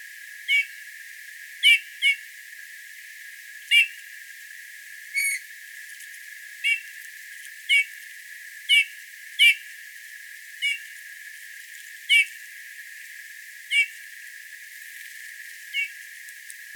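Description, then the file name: Eurasian bullfinch repeating brief piping call notes at uneven intervals, about a dozen in all, against a quiet hissy background. "Pyrrhula pyrrhula"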